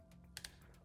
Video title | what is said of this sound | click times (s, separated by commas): Getting This Trek Ready for the Tropics: Full Service & Waxed chain | we can load with 5.5 just tighten this until it clicks | 0.4 s, 0.5 s